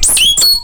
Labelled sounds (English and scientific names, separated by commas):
Stitchbird (Notiomystis cincta) song